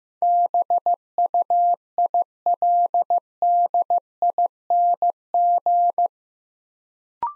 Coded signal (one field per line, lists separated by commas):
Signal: Morse code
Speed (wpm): 15 wpm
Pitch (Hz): 700 Hz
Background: none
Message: BUILDING